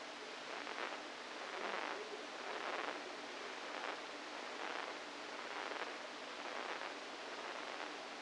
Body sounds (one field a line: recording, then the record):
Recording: brain microelectrode recording played as sound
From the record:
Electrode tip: inside the subthalamic nucleus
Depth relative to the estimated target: -4 mm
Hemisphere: right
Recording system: NeuroSet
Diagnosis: Parkinson's disease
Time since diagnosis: 7 years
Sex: female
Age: 68 years